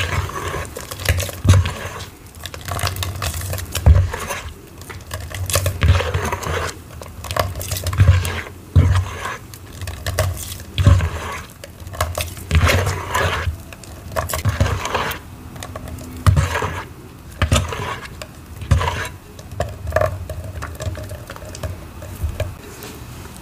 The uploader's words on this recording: Red Holi + Spray Foam Reforming. Oddly satisfying mixing paste, Holi powder, spray foam and pouring into a tin.